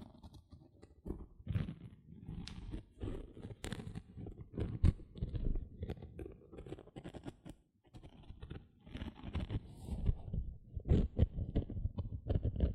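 Gentle scratching sounds, a dense run of soft, mostly low rasping strokes with brighter crisp ticks scattered through. The scratching is continuous and uneven, swelling and easing in short bursts, with a brief near-pause around eight seconds and sharper accents near eleven seconds.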